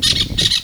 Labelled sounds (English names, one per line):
Brown-throated Parakeet contact call